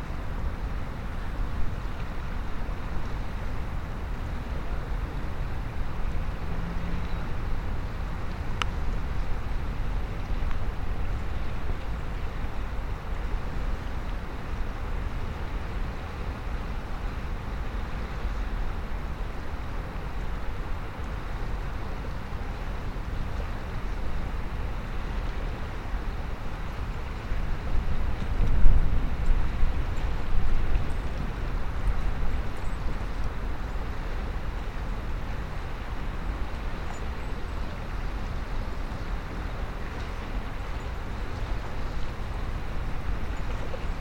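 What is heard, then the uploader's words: A calm sea at low tide, heard as a steady, soft wash of water over a deep, constant rumble that may be wind or engines. Around 28 seconds the low rumble swells briefly, and a faint click sounds near 9 seconds. Portishead Waves Ambience. Field recordings made at Woodhill Bay, Portishead. This was my first outing using the Sony PCM-M10, and involved some clambering on the headland rocks to try and get into a good position. The tide was quite far out, and the sea calm.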